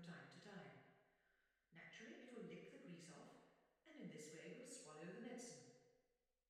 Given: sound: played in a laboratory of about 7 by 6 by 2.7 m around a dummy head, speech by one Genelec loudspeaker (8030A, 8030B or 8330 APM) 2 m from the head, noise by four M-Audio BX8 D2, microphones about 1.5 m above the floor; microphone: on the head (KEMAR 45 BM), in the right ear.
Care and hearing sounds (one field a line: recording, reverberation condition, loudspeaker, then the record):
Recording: female speech in English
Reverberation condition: high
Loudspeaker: 30 degrees to the left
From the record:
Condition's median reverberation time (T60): about 1300 ms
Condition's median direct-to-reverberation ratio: about -4.0 dB